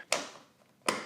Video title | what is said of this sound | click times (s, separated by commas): Replacing Basic OEM Reflectors with Super Bright LED Brake Lights!! | sure it'll just snap in place just push it in | 0.1 s, 0.9 s